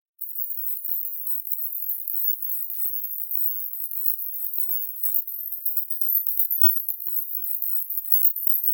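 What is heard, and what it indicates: Steady, very high-pitched fizzing hiss concentrated near the top of hearing, roughly 9 to 16 kHz, with nothing in the low or middle range: a synthetic 16 kHz tinnitus masking sound.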